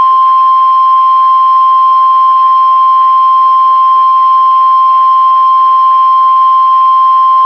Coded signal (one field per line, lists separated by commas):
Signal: Emergency Alert System (SAME) tones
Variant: 1050 Hz attention tone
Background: speech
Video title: EAS Alert #206-214